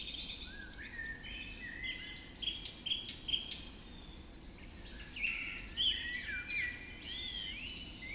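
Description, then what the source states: Birds in a lively dawn chorus, bright whistles, rapid chirps and trills in overlapping bursts, with a light low hum. Dawn chorus recorded just after dawn in the Forest of Dean.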